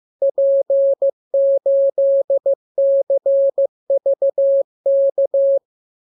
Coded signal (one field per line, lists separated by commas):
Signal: Morse code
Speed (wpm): 15 wpm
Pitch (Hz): 550 Hz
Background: none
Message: P8CVK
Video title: Learning Morse Code. Lesson 40. Letter KMURESNAPTLWI.JZ=FOY,VG5/Q92H38B?47C1D60X